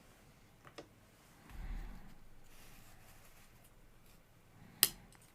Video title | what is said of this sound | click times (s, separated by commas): Ugears Dream Cabriolet VM-05 Day 5 - Just Rest Your Eyes (JRYE#225) | made the click sound but it's also sideways | 4.8 s